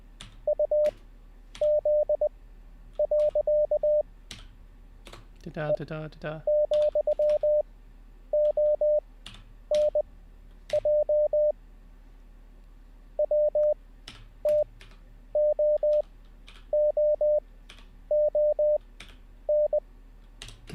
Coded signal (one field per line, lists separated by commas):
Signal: Morse code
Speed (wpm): 20 wpm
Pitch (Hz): 600 Hz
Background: speech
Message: UZ. T,ONJ WTOOON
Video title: How To Learn Morse Code LIVE with N0SSC (Day 8)